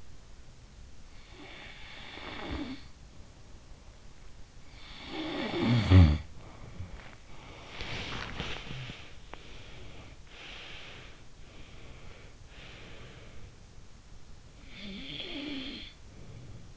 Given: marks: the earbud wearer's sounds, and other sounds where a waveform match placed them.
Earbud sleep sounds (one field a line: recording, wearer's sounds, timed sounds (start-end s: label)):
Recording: sounds in sleep by an in-ear microphone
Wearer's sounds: snoring breath, body movement, breath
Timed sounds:
1.12-3.46 s: snoring breath
4.43-6.77 s: snoring breath
6.77-9.46 s: body movement
9.46-13.92 s: breath
14.43-16.77 s: snoring breath